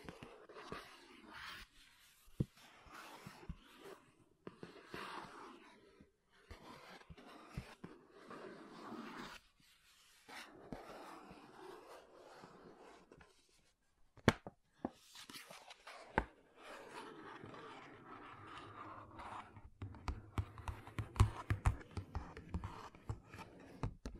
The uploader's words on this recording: ASMR MAKEUP TAPPING & SCRATCHING 3CE Unboxing (No Talking).